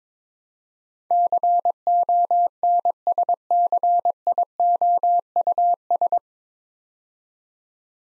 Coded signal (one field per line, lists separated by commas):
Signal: Morse code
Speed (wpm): 22 wpm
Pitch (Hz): 700 Hz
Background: none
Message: CONSCIOUS